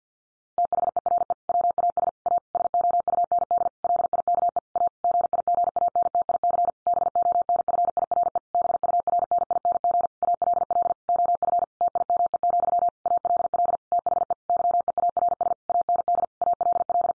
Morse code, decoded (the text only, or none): THERE WAS A SOUND LIKE A GIGANTIC BONFIRE BURNING ALL OF TIME, ALL THE YEARS AND ALL